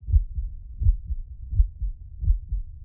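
A steady, deep lub-dub heartbeat with four paired thumps at about 83 beats a minute, each first sound slightly stronger than the second. The rhythm is regular, with no other sounds. It is a sound effect.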